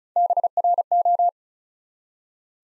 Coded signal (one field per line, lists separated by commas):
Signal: Morse code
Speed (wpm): 36 wpm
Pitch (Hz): 700 Hz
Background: none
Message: BRO